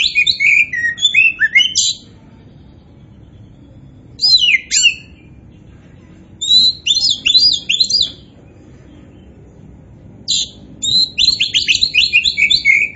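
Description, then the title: Oriental magpie-robin singing in four bursts of fast, scratchy, chirping notes separated by short pauses, over faint low background noise. Kacer poci variety, described as gacor (singing vigorously and continuously). "Kacer Poci Gacor"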